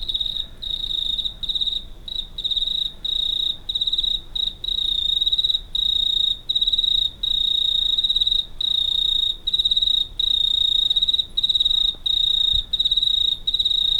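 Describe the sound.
Cricket's loud, continuous high trill, interrupted by frequent short gaps, with little else audible.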